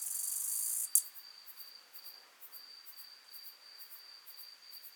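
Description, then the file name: Acrometopa servillea bush-cricket song: an intense, sizzling high buzz cut off by a crisp click near one second, then soft repeated high chirps and a near-continuous thin tone. Subspecies italica, recorded at Alberobello, Puglia, Italy, on 9 July 2000 at 20 °C. "Acrometopa servillea italica 1 Alberobello Puglia IT 20000709 20 °C Odé"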